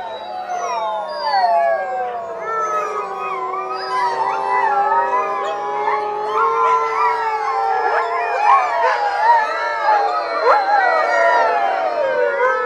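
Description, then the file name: Wolf pack howl: many drawn-out, wavering howls at different pitches layered together, swelling and sliding. "Digiffects Sound Effects Library - Wolf Pack Howling"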